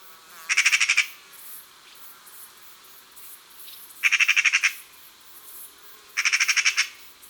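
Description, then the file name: Eurasian magpie giving harsh rattling chatters, three bursts of rapid raspy notes, each about half a second long, spaced about one and a half to three seconds apart. "Pie bavarde"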